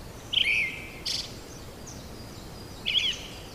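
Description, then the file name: Brown-headed thrush song: a whistled falling phrase, a brief high note, then another whistled phrase, over continuous faint hiss. "akahara"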